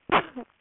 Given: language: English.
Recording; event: throat vibration sensor signal played as sound; cough